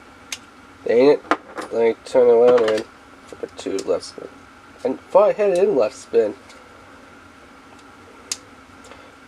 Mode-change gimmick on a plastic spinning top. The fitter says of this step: didn't live in place okay